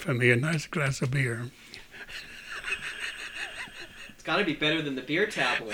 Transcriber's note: he laughs